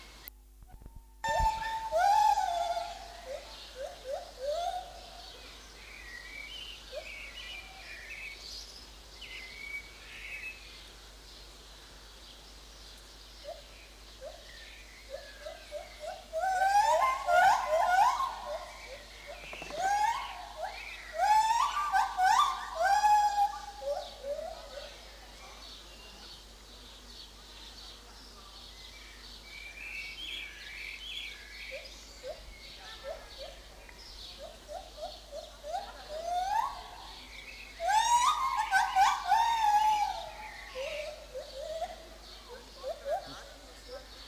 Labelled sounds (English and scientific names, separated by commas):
Lar Gibbon (Hylobates lar)